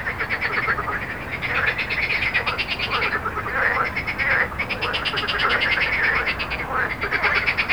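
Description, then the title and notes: Frogs croaking together in bursts of fast pulsed rattles, pausing briefly now and then, with road noise in the background. Recorded at Jardins de la Ligne, Montaudran, Toulouse, France, with road noise, using a Zoom H4n. "Jardins de la Ligne, 1 Rue Jacqueline Auriol, 31400 Toulouse, France - Frog Montaudran. Frog and road captation zoom h4n"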